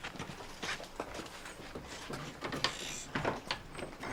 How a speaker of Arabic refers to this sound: سكيت الباب بالمفتاح. بسكه يا ام بسكه.